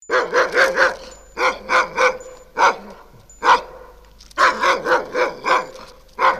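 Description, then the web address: Dog barking in rapid bursts of one to six sharp barks, separated by short pauses. "Hund"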